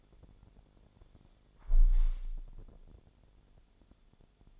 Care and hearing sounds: daily activity, microphone in the room; close window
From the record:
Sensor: 5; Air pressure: 1000.5 hPa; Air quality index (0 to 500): 140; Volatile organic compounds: 2 ppm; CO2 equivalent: 1081 ppm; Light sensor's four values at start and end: 41/97/41/44 and 41/97/41/44

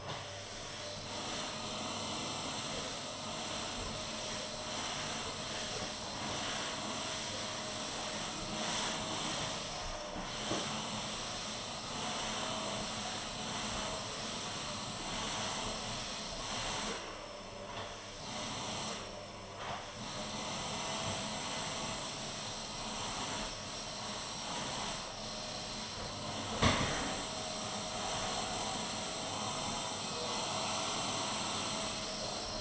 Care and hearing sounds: daily activity, microphone in the room; vacuum cleaning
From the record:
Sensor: 4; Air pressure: 1011.1 hPa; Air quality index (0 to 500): 150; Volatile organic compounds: 3 ppm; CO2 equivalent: 1532 ppm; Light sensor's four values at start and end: 96/254/107/111 and 93/248/104/109

